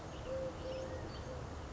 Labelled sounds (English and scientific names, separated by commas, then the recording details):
Eurasian Collared Dove (Streptopelia decaocto)
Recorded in Sonoma County, California